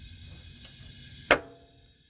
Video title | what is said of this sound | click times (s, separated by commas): Freightliner Century Cab Airbag Replacement | And it's going to pop into place. | 1.3 s